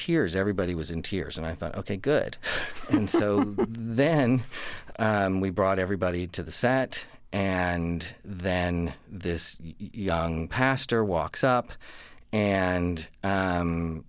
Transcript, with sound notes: Everybody was in tears. And I thought, OK, good.
(Laughter).
And so then we brought everybody to the set. And then this young pastor walks up. And